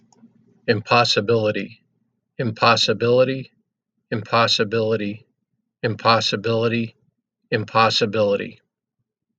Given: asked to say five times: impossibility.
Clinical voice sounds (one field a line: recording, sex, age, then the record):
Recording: repeated word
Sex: male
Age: 50 to 59 years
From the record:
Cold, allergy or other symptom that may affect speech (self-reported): no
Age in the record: 58 years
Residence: Virginia, United States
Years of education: 16